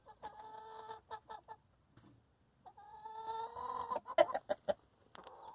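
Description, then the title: Chicken clucks in short bursts, then a long harmonic drawn-out call ending in sharp loud clucks. Chickens in their coop. "In the chicken coop - A csirkeólban"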